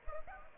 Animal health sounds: mosquito wingbeat signal from an infrared sensor; Culex pipiens

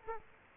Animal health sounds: mosquito wingbeat signal from an infrared sensor; Culex quinquefasciatus

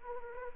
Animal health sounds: mosquito wingbeat signal from an infrared sensor; Anopheles arabiensis

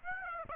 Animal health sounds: mosquito wingbeat signal from an infrared sensor; Aedes aegypti

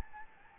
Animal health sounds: mosquito wingbeat signal from an infrared sensor; Anopheles gambiae

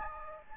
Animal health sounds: mosquito wingbeat signal from an infrared sensor; Anopheles gambiae

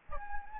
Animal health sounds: mosquito wingbeat signal from an infrared sensor; Anopheles gambiae

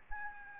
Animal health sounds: mosquito wingbeat signal from an infrared sensor; Aedes albopictus

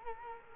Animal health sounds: mosquito wingbeat signal from an infrared sensor; Culex quinquefasciatus

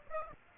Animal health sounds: mosquito wingbeat signal from an infrared sensor; Aedes aegypti

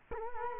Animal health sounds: mosquito wingbeat signal from an infrared sensor; Culex quinquefasciatus

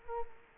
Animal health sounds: mosquito wingbeat signal from an infrared sensor; Culex quinquefasciatus

